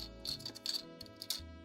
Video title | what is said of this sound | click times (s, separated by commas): B-Lamp for sale and what is next! so many silly ideas and events to plan! | it does a lock in place. | 1.3 s